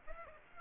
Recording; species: mosquito wingbeat signal from an infrared sensor; Aedes aegypti